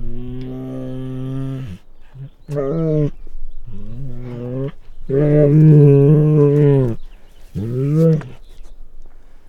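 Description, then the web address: Bengal tiger growls in a series of several deep, rumbling bursts with short pauses, the longest and loudest a little after the middle. Male Bengal tiger growling and snarling. "Sound Ideas Tigers Sound Effects"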